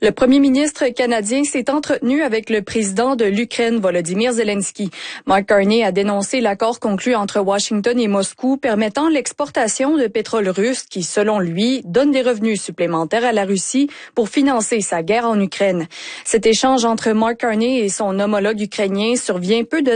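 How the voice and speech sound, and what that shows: Adult woman speaking French in steady news narration, clear voiced delivery with short pauses between sentences. No disorder.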